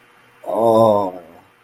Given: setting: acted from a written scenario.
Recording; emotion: vocal sound without words; desire